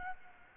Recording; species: mosquito wingbeat signal from an infrared sensor; Anopheles gambiae